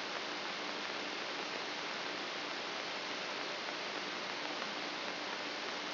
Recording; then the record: brain microelectrode recording played as sound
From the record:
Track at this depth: inside the subthalamic nucleus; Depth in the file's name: 0.827 mm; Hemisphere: left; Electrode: 3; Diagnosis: Parkinson's disease